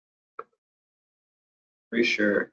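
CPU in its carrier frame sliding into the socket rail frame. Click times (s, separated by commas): 0.4 s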